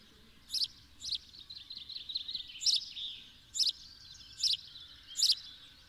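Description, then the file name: House sparrow uttering about six short, piercing chirps at an uneven rhythm, with a continuous high chatter and low background noise. "Passer domesticus"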